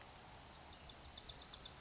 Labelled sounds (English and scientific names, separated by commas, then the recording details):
Wilson's Warbler (Cardellina pusilla)
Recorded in Sonoma County, California